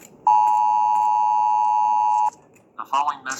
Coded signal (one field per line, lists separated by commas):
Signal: Emergency Alert System (SAME) tones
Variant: 853 and 960 Hz attention tone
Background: speech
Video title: Zombie Apocalypse Roleplay From Scratch EAS Alarm WMV-EAS-WVE-SYS